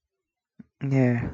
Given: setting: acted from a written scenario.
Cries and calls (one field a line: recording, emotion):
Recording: vocal sound without words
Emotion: serenity